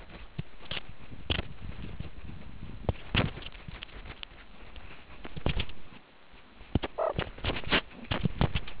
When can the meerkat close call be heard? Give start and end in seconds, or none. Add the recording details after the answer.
6.98-7.13. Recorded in the Kuruman River Reserve, South Africa. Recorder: an audio tag on a meerkat's collar